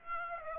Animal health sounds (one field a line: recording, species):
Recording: mosquito wingbeat signal from an infrared sensor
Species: Aedes aegypti